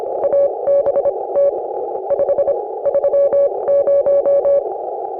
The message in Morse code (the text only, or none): ABT 5 30